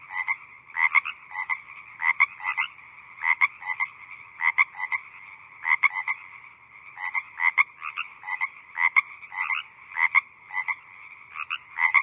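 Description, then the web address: Several frogs croak together, short raspy pulses bunched in pairs and triples, with a continuous chorus droning underneath. Small group of frogs croaking in the evening. "evening frog ambience small group croaking"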